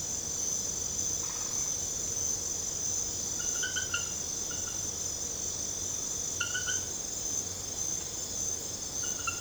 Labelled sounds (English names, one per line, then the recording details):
none
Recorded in secondary vegetation near Puerto Asís, Putumayo, Colombia, on 22 December 2024 at 21:00
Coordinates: 0.489, -76.322
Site G059